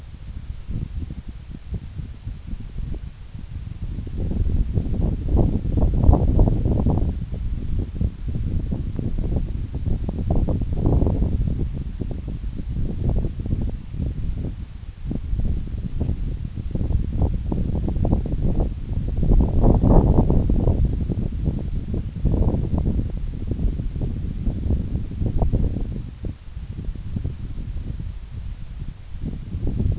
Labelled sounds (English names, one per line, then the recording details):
none
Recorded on Arctic tundra, site NAIT-1, on 26 June 2019
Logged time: 16:00